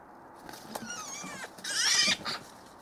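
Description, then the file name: Eurasian magpie harsh calls: a few slurred, nasal notes, then a loud grating burst near the middle, followed by a shorter rasping note. "Pica pica"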